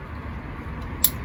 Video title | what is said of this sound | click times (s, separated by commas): How to Fix a Trunk That Doesn’t Open Replace Tailgate Latch Ford Escape Mercury Mariner 2008-2012 | make sure it clicks in there all right | 1.0 s